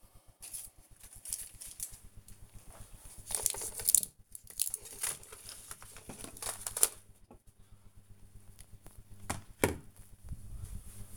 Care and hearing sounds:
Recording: household activities, microphone on the right wrist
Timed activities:
0.00-11.17 s: tidy up the cupboard

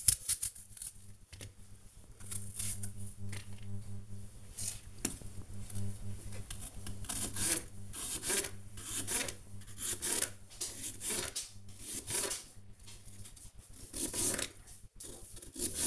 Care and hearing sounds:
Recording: household activities, microphone on the right wrist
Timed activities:
0.00-15.87 s: cutting vegetables

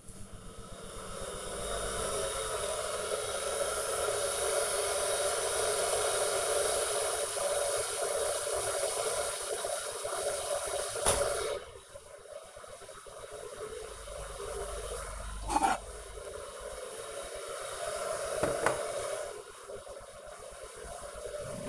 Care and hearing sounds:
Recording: household activities, microphone on the right wrist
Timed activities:
0.00-21.69 s: making tea

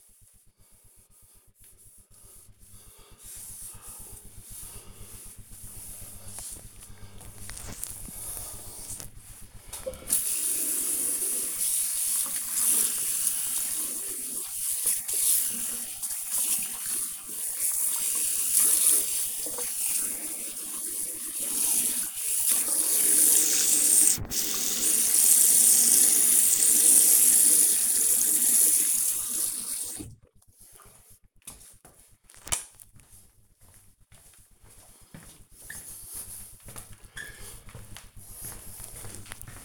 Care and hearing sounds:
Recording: household activities, microphone on the right wrist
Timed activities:
0.00-39.64 s: cleaning door

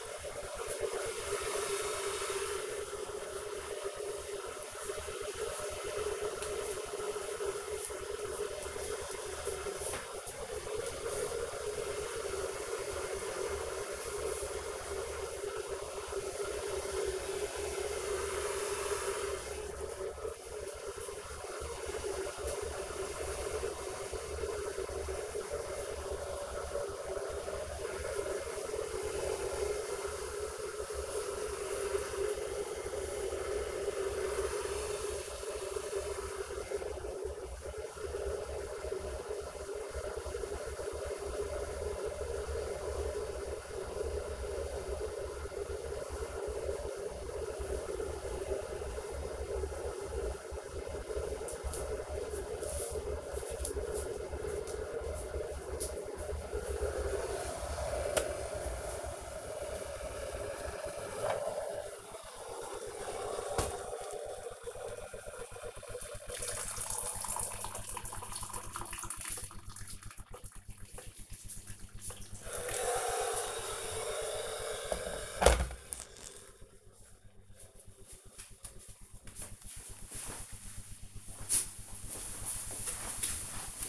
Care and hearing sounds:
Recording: household activities, microphone on the right wrist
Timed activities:
0.00-75.71 s: making tea

